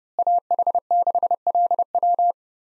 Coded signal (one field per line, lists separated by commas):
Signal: Morse code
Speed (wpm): 30 wpm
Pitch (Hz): 700 Hz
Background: none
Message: AH6LW